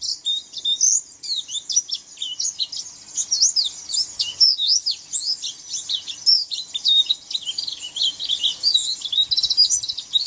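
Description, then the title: White-eye, continuous high twittering song of rapid chirps and slurred whistles, lasting throughout with only brief breaks. "Pleci"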